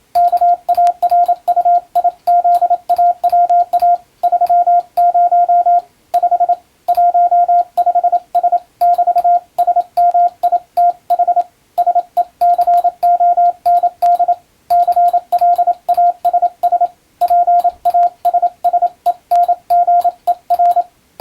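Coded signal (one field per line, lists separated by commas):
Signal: Morse code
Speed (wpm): 27 wpm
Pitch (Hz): 700 Hz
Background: radio noise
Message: KARUIZAWA 30 5 15S<BT>SMITH SECOND CLASS PASSENGER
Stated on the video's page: Morse receiving practice in international (European) CW sent with an electronic keyer, using a telegram practice book.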